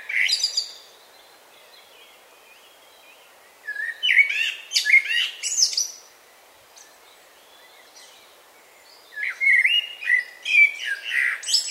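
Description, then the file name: Common blackbird song phrases, low flute-like whistles followed by high thin squeaky flourishes, three bursts with pauses of a few seconds. "Turdus merula"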